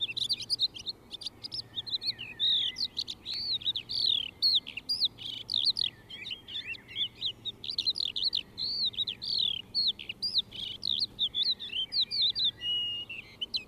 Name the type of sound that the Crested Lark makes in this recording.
song